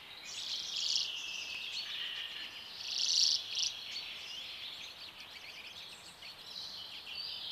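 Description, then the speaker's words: Common Redpoll calls, quick high buzzy twitters in uneven bursts, with a louder burst near the middle. Light background hiss. Described as a soft whispering or rustling sound as it flies over; a buzzing twittering can also be heard. "Tällainen ääni kuuluu urpiaisesta."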